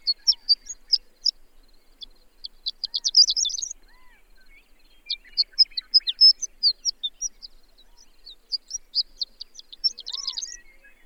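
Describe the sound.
Bird song of rapid high chirps and short trills in bursts, pausing briefly between phrases, with faint lower whistled notes in the background.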